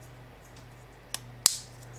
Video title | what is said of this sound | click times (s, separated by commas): LEGO Fortnite 2025 Mecha Team Leader 77078 Build Part 6 | GO IN HERE. SNAPS IN PLACE. | 1.1 s, 1.5 s